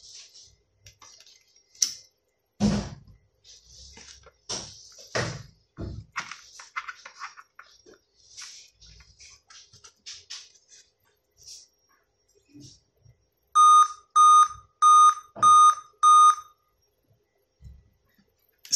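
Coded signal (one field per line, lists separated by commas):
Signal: beep code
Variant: laptop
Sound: clicking and handling noises, then five short evenly spaced electronic beeps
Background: handling clicks, room noise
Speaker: Still having the same error. It's still having the same error.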